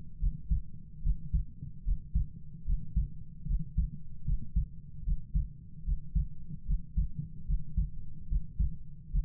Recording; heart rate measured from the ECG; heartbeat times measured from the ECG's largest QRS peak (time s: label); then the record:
heart sounds by stethoscope; 74 bpm
0.19 s: heartbeat
1.02 s: heartbeat
1.84 s: heartbeat
2.65 s: heartbeat
3.47 s: heartbeat
4.25 s: heartbeat
5.04 s: heartbeat
5.85 s: heartbeat
6.66 s: heartbeat
7.46 s: heartbeat
8.28 s: heartbeat
9.11 s: heartbeat
From the record:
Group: healthy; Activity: breath hold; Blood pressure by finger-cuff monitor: 114/56 mmHg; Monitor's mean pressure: 74 mmHg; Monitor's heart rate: 75 bpm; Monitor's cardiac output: 7.1 L/min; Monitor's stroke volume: 94 mL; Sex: female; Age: 22 years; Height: 160 cm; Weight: 63 kg